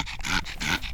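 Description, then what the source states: Pug breathing: loud raspy snorting breaths in quick succession, harsh and noisy. Pug dog; its breathing is described as distressing to hear.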